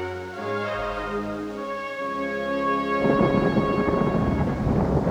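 A low, sustained droning tone gives way midway to a loud, rolling crash of thunder that rumbles and crackles steadily to the end, with no voices.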